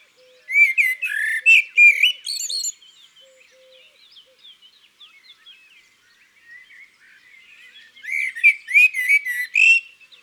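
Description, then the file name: Eurasian magpie chatter in two harsh, rattling bursts several seconds apart, with quieter small-bird twittering and chirps between them. Recorded in the countryside. "Pie bavarde Chants doiseaux dans la campagne"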